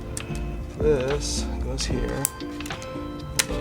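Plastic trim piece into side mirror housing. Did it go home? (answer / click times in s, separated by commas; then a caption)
yes / 3.4 s. While fixing a Subaru Ascent side mirror, a plastic trim piece from the bezel/cover area is pressed into position on the mirror housing as someone talks over background music. A sharp, short click at 3.4 s marks the piece snapping into place, and it is seated.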